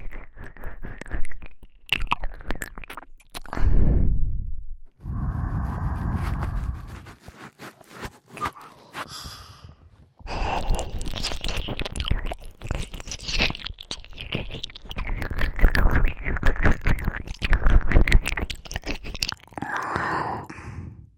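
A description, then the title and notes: Wet ear-eating mouth sounds, dense crackling and chewing clicks with soft breathy sighs, pausing briefly near ten seconds before resuming continuously. ASMR Halloween Ear Eating.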